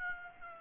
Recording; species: mosquito wingbeat signal from an infrared sensor; Aedes aegypti